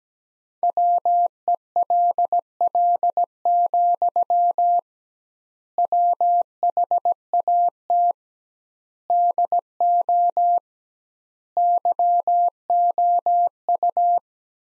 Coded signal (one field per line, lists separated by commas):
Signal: Morse code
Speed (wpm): 17 wpm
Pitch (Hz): 700 Hz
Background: none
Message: WELL, WHAT DO YOU